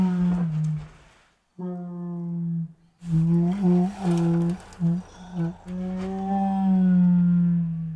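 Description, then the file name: Siberian tiger moaning in long, low, droning tones, two moans separated by short breaks, then sustained wavering moans that swell and dip for several seconds. Distressed moans. "Siberian Tiger Distressed Moans 1 [Sound Ideas]"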